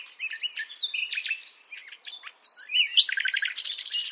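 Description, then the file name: Common nightingale song in short bursts of whistles and chirps, ending in a fast trill. "Luscinia megarhynchos"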